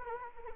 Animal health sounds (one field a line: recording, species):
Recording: mosquito wingbeat signal from an infrared sensor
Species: Anopheles arabiensis